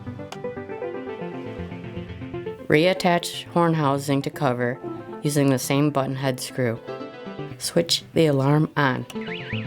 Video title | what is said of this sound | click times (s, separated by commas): Stopper II® Replacing the Horn Battery | replace the horn housing by sliding horn and shell together press down with both thumbs horn will click into place | 0.3 s